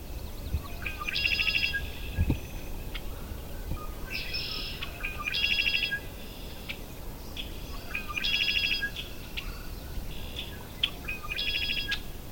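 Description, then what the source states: Red-winged Blackbird song: short notes leading into a buzzy, rattling trill, given several times over low background noise. Common bird at a wildlife refuge and across North America; the early arrival of its song signals spring.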